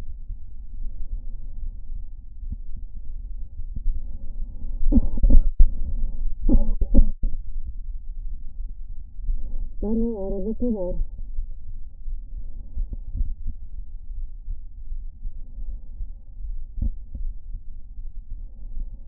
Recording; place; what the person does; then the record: lung sounds by stethoscope; right anterior apical chest; quiet breathing, then cough and speech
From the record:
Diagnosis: interstitial lung disease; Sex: female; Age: 60 years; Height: 152 cm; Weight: 55.9 kg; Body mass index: 24.2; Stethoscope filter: diaphragm mode